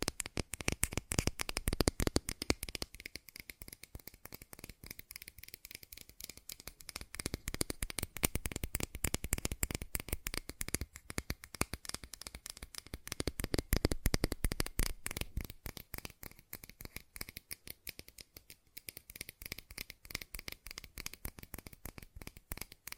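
Fast tapping runs the whole way through, a dense stream of quick, sharp clicks with a dry, papery edge like shuffling cards. The rhythm stays busy but uneven, with slightly louder bursts around five and fifteen seconds and a softer stretch near eighteen.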